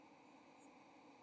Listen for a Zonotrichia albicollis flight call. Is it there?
no